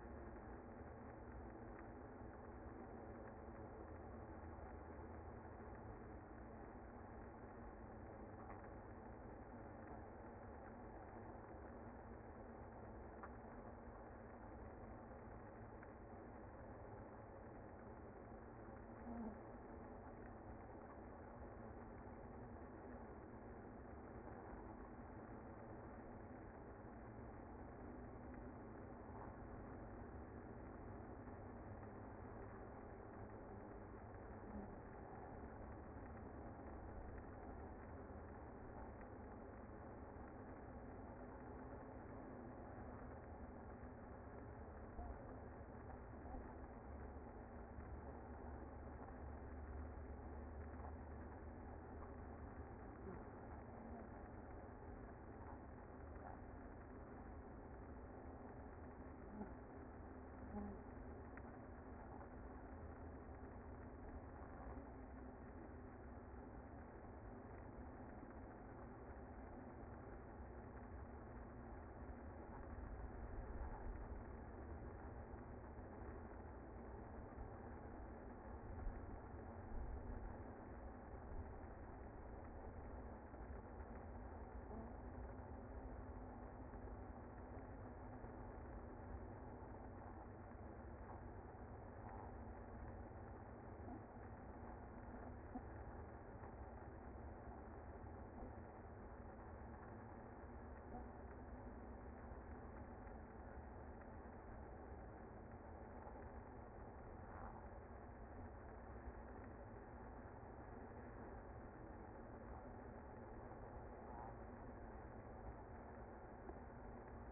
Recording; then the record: honeybee colony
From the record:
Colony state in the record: active